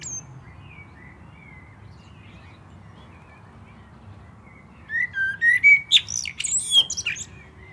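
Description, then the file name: Common blackbird song: faint warbles, then a loud phrase of low fluty whistles rising into squeaky, chattering high notes. "Turdus merula"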